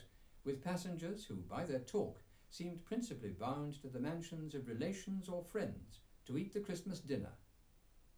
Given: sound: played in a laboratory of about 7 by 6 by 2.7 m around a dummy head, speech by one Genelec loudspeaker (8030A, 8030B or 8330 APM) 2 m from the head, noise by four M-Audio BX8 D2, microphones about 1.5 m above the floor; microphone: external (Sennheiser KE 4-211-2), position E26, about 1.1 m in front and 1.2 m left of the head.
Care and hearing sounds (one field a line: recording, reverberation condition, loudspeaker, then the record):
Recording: male speech in English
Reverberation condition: low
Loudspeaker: 30 degrees to the right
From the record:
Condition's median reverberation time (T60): about 310 ms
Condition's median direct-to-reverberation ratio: about 3.5 dB